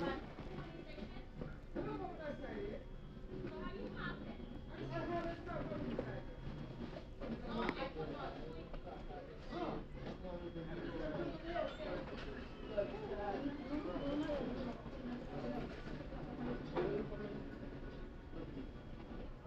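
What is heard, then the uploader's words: A busy New York McDonald's: many overlapping voices form a dense, steady chatter for the whole stretch. Beneath it runs a constant low rumble, and scattered clicks and clatters break through every few seconds, with a sharper knock near the eight-second mark. NYC sounds: McDonald's.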